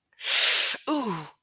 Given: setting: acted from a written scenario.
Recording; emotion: vocal sound without words; pain